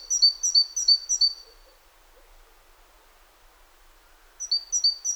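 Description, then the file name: Great tit song: a quick run of four bright, high two-part notes, a pause of about three seconds, then the same ringing phrase starting again. "Parus major"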